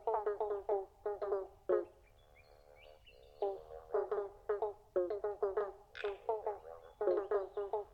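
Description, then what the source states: Pobblebonk frogs calling: quick series of hollow bonk notes, a short lull with a sustained tonal hum, then the plucked calls resume rapidly. Several pobblebonk frogs calling together in a chorus.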